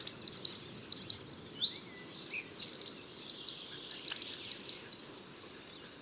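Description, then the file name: Great tit calls, bright high chirps and short whistled notes in quick runs, with some buzzy bursts mixed in. "Parus major"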